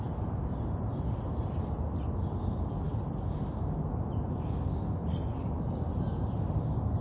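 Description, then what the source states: Bird giving sharp high chirps at an uneven pace about once a second, above a steady rumble of traffic. Urban ambience with birds chirping and distant traffic.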